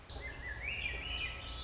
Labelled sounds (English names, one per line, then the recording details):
Swainson's Thrush
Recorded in Sonoma County, California